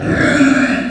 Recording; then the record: squeal of a Yucatan mini pig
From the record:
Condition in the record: after surgery on the right vocal fold (resection and tissue-engineered implant); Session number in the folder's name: 4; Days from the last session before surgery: 26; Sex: female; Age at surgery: 19 weeks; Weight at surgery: 25 kg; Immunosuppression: prednisolone